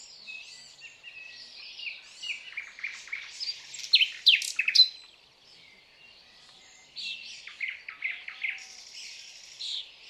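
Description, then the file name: Common nightingale song, loud phrases of sharp chirps and whistled notes, a short quiet gap, then a fresh burst of repeated notes. "Luscinia megarhynchos"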